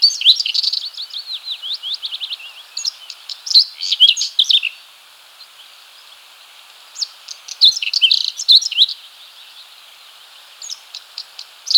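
Whinchat song in short, scratchy, warbled phrases of high notes, separated by pauses.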